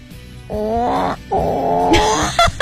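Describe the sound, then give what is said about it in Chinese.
A person imitates a hen with drawn-out, nasal vocal calls: a wavering voiced note, a short break, then a longer rising cackle ending in a couple of sharp higher squawks. “哎，你学鸡叫好像哦。”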